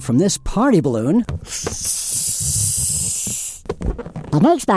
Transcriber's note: inhale